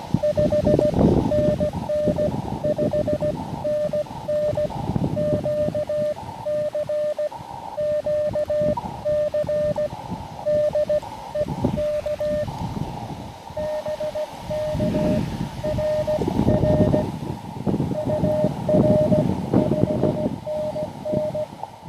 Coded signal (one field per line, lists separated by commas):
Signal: Morse code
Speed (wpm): 17 wpm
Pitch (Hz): 600 Hz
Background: none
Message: 5NN 5NN QC QC DE K BK RR UR 5NN